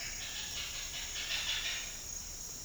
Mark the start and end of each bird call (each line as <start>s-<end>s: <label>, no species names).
0.00s-2.04s: bird call